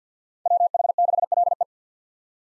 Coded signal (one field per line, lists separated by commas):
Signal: Morse code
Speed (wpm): 50 wpm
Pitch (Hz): 700 Hz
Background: none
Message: WH6LE